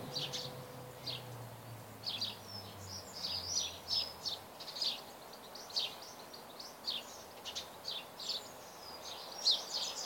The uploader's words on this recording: The Sound In My Garden At Midday by Divyendu.